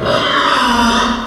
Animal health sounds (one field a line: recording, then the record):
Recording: squeal of a Yucatan mini pig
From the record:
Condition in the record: after surgery on the right vocal fold (resection and tissue-engineered implant)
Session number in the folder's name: 15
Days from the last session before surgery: 175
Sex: female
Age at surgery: 19 weeks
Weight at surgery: 25 kg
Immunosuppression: prednisolone